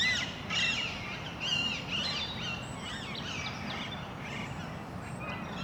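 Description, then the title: Parakeets giving grating squawks in quick irregular succession, densest in the first half, over soft background noise. Parc Duden, Forest, Brussels-Capital, Belgium; just before nightfall; recorded with Zoom MicTrak M4 internal XY microphones. "Parc Duden, Forest, Bruxelles-Capitale, Belgique - Parakeets - Perruches"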